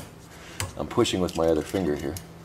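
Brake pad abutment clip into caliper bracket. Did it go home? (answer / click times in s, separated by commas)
no / none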